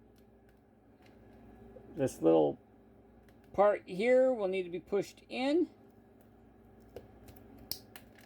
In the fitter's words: and then when you hear that click you know it is back together okay